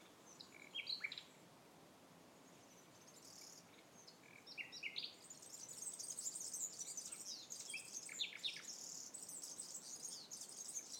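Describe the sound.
Common nightingale song: short varied phrases of high chirps and brief repeated notes, growing denser and louder in the second half.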